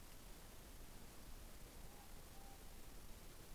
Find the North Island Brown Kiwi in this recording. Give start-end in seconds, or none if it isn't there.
none